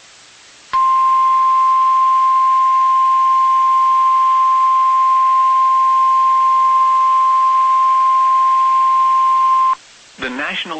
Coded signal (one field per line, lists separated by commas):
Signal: Emergency Alert System (SAME) tones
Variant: 1050 Hz attention tone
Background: speech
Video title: CALM BEFORE THE STORM... | EAS Alerts from June 9, 2020 (EAS #413-418)